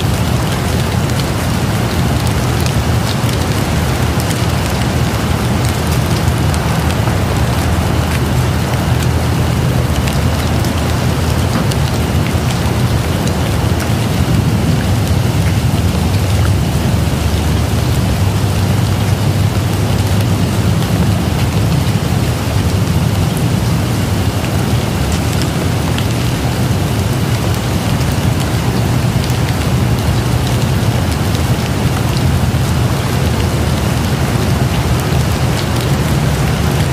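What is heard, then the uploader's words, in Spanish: Soft rain falls in a steady, dense hiss, with a low rumbling undertone and faint scattered drops throughout, unchanging from start to finish. Sonidos Suaves de Lluvia. Tranquilos sonidos de lluvia.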